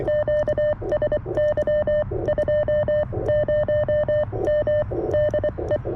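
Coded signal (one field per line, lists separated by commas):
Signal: Morse code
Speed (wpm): 23 wpm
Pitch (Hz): 600 Hz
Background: none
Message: QSY 20M DE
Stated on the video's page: CW Parks On The Air activation on CFT-1 QRP CW radio, WRC antenna, Begali Expedition key; slow activation under poor solar conditions.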